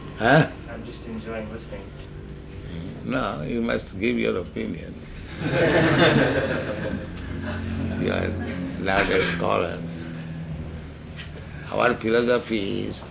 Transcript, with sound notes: I'm just enjoying listening.
No, you must give your opinion. [laughter] You are learned scholars. Our philosophy is